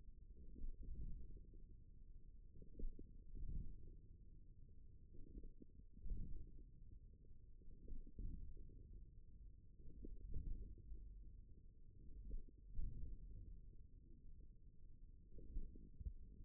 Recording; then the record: forearm muscle sounds (acoustic myography)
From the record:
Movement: wrist flexion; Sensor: system 1, eight BSWA MPA416 microphones around the upper forearm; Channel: 3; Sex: male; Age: 41 years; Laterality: right